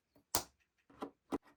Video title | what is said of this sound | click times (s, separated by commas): A3112 MacBook Pro LCD Only Replacement:🤯#A3112 #MacBookPro #LCDReplacement #AppleRepair #RepairTech | Install the bottom cover with all of its screws and get those satisfying clicks. | 0.4 s